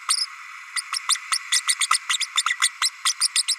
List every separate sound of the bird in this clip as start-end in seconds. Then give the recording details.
0.08-0.26, 0.76-0.81, 0.92-0.99, 1.09-1.17, 1.31-1.39, 1.52-1.61, 1.66-1.75, 1.80-1.87, 1.90-1.98, 2.09-2.17, 2.20-2.26, 2.37-2.44, 2.45-2.56, 2.61-2.69, 2.81-2.90, 3.04-3.13, 3.20-3.28, 3.35-3.44, 3.48-3.55. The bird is a female. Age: 32 days. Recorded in a nest box in Venezuela. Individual 17B32A5